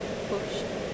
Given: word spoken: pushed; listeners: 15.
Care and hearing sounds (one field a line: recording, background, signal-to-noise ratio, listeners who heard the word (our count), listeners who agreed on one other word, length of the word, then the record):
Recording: one English word in noise, from a listening test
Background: speech-shaped noise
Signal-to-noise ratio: -5.3 dB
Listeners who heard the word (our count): 5 of 15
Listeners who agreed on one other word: 9 of 15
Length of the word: 0.54 s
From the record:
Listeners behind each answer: 9, 5, 1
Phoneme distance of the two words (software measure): 7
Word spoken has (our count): 1 syllable, 4 phonemes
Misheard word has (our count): 1 syllable, 3 phonemes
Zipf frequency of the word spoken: 4.51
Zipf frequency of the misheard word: 4.92